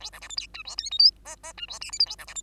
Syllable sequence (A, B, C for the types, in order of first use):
A B C D E F G H I J K K F G L M N A B C D